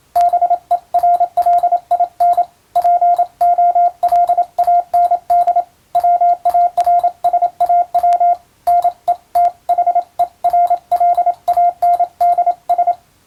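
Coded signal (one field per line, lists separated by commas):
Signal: Morse code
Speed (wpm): 27 wpm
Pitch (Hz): 700 Hz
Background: radio noise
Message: BERLIN POLAND WARSAW NETHERLANDS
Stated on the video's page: Morse receiving practice in the style of radiotelegraph operator school training, using a European-language telegram sending practice book.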